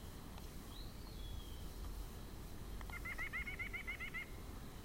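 White-breasted nuthatch delivering a fast string of short nasal notes near the end, preceded by a sliding high whistle from another bird and steady low rumble.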